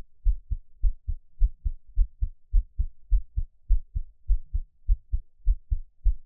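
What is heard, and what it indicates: Steady low-pitched lub-dub pairs repeat at about 103 beats a minute with an even rhythm and no talking. Each beat is a deep thump followed closely by a softer second thump: an adult's own heartbeat, recorded close up for ASMR listening, best heard on headphones.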